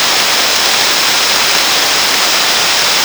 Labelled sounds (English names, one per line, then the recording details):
none
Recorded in dense forest near Puerto Asís, Putumayo, Colombia, on 9 March 2025 at 11:30
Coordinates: 0.484, -76.325
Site G045